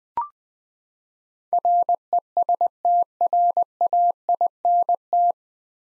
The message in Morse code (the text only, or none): RESTRAINT